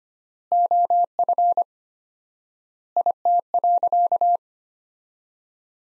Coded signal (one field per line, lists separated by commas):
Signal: Morse code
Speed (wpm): 25 wpm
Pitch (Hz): 700 Hz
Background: none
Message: OF IT.